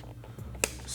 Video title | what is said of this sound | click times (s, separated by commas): How to Install Rear Pod Turn Signals & Fender Eliminator on 2022+ Suzuki GSX-S1000 by TST Industries | slide locks in place | 0.6 s